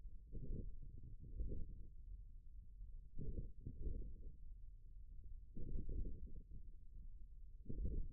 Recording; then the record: forearm muscle sounds (acoustic myography)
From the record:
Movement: ulnar deviation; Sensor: system 1, eight BSWA MPA416 microphones around the upper forearm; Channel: 6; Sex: male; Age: 41 years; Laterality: right